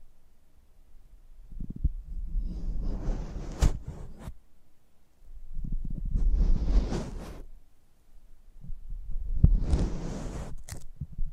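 Close-up ASMR mic treatment: three slow swells of scratchy, crinkly brushing, each building over about two seconds with soft low thumps underneath and a bright crackling hiss on top. Sharp clicks cut through near the end of the swells, separated by brief near-silent gaps.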